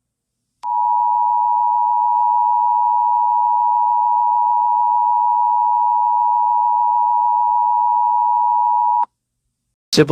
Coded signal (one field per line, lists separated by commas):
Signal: Emergency Alert System (SAME) tones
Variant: 853 and 960 Hz attention tone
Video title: EAS Mock: 9/11 Tribute (New Verison)